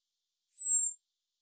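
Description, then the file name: Common blackbird call, one drawn-out high whistle that slides gently downward over roughly half a second, alone against silence. "Turdus merula"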